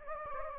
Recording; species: mosquito wingbeat signal from an infrared sensor; Anopheles gambiae